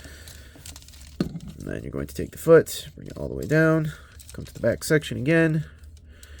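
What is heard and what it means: The plastic leg section of a Baiwei TW-1028 transforming robot figure (a KO Transformers Studio Series Leader Shockwave) is rotated on its rotation joint and pushed into the torso, giving a sharp click at 0.7 s as it seats into place. A few small plastic ticks follow before someone talks.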